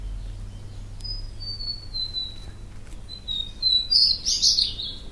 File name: redstart-white-bellied Luscinia-phoenicuroides